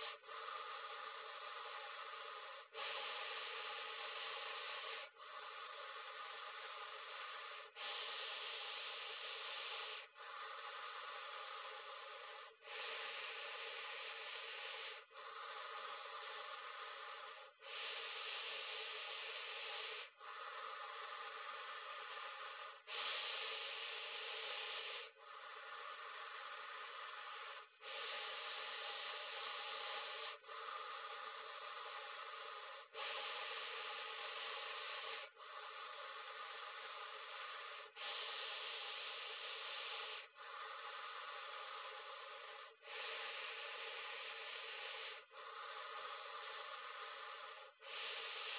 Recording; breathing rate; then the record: paced breathing near a phone; 12 breaths a minute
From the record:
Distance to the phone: 40 cm